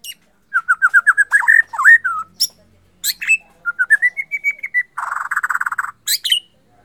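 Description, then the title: White-rumped shama song: fast series of short whistled notes, then rising whistles and a harsh buzzy burst, interspersed with sharp high chips. Bornean type. "MURAI BORNEO MAS KIKI"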